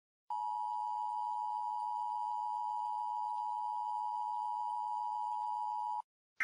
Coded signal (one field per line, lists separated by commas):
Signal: Emergency Alert System (SAME) tones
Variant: 853 and 960 Hz attention tone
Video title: REUPLOAD: EAS Scenario Christmas Special: Nibiru